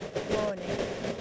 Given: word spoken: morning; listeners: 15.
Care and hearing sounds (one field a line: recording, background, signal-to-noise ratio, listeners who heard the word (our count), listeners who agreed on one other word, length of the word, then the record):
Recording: one English word in noise, from a listening test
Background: noise modulated by three-talker babble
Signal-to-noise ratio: -4.0 dB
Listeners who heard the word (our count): 4 of 15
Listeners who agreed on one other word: 9 of 15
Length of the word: 0.82 s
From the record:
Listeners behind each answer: 9, 4, 1, 1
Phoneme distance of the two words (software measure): 10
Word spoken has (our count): 2 syllables, 5 phonemes, stress on syllable 1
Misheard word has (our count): 2 syllables, 5 phonemes, stress on syllable 1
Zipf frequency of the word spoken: 5.50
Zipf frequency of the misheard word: 4.57